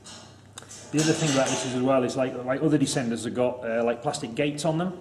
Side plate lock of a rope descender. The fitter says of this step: when that clicks through it clicks into place